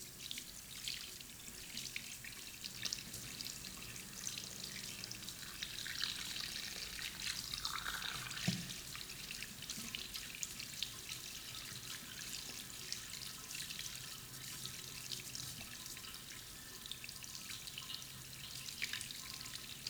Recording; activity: daily activity, guitar pickup as the sensor; wash hands